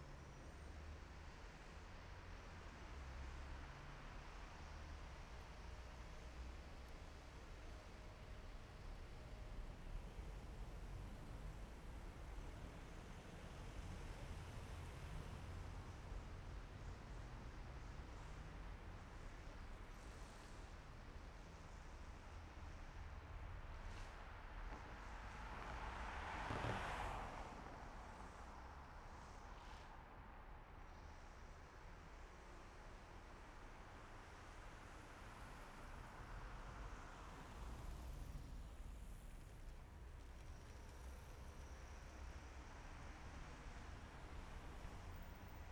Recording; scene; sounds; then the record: everyday scene through a hearing-aid microphone; in traffic; traffic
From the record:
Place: main city hub, rush hour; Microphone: behind the ear, left, front